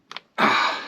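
A small clip or fitting is pressed into its hole on a Mercedes SLK with a small socket during restoration work ahead of its MOT. A short, sharp click sounds at 0.1 s, followed by a second faint tick, then a broad breathy rush of noise from about 0.4 s that slowly fades. The part is seated.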